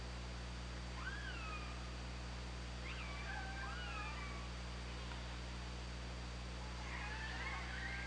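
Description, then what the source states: Orca calls, a run of rising-then-falling harmonic calls in the first four seconds and a softer cluster near the end, with constant low droning hum underneath. Recorded on an OrcaLab hydrophone, 24 August 2017, 22:54.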